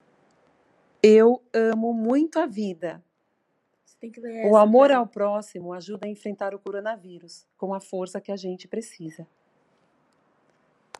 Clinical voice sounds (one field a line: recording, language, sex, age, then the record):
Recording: spoken sentence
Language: Brazilian Portuguese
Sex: female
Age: 50 to 59 years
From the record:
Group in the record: control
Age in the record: 54 years